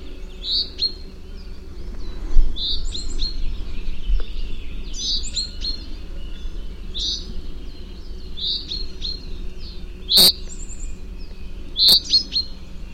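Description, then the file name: Common chaffinch calls, a series of thin high chirps spaced about a second apart, with two sharp clicks near the end over low rumbling noise. "Fringilla coelebs"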